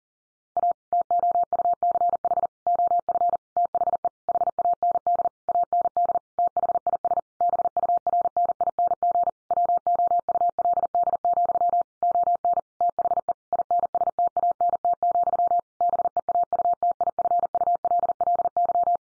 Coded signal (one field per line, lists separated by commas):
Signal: Morse code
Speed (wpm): 40 wpm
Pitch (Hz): 700 Hz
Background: none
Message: A TOUCH OF THE HAND AND THIS BURNING WOULD, ON THE INSTANT, BEAUTIFULLY